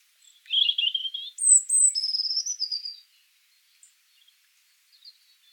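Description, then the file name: European robin song: a rapid buzzy trill followed by long, thin, high whistles sliding downward, then near silence with a few faint notes. "Erithacus rubecula"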